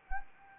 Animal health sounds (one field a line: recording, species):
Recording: mosquito wingbeat signal from an infrared sensor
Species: Anopheles arabiensis